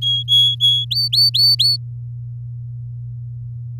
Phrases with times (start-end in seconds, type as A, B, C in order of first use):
0.01-0.85 A, 0.91-1.77 B